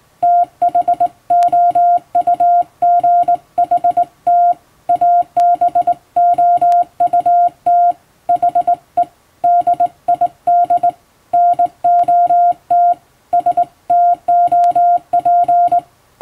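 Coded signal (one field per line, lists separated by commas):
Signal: Morse code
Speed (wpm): 21 wpm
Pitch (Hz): 700 Hz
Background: music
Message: THOUGHT ABOUT HE DID NOT STOP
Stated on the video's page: Hand-keyed Morse sent with a telegraph key from a telegram practice book, as a sending practice.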